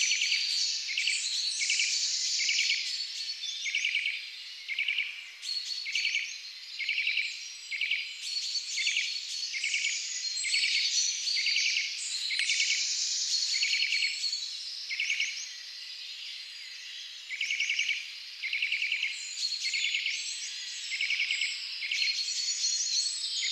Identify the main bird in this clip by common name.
Eurasian Nuthatch